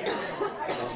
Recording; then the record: coughing mixed with background sound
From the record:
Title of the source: female coughing - coughing sound effects girl